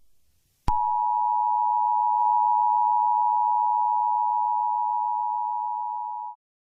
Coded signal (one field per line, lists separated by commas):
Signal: Emergency Alert System (SAME) tones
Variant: 853 and 960 Hz attention tone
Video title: EAS Scenario: Hostile Water